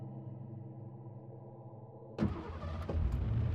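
A steady low mechanical hum gives way to a sudden crank and burst, after which a car engine catches and rumbles louder and rougher, with no voices.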